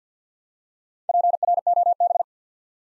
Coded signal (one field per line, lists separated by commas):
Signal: Morse code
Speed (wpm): 49 wpm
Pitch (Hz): 700 Hz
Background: none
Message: PROB